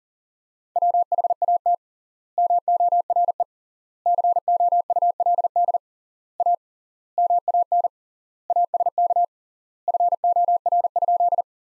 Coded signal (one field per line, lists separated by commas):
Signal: Morse code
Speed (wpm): 40 wpm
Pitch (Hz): 700 Hz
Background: none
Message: WHAT MORE COULD A MAN ASK FOR?